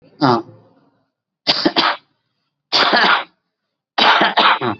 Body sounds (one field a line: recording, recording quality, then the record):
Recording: shallow voluntary cough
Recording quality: excellent, no background noise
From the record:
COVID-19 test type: RT-PCR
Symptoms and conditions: hypertension, diabetes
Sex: male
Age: 65 years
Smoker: yes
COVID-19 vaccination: both doses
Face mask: worn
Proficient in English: yes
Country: India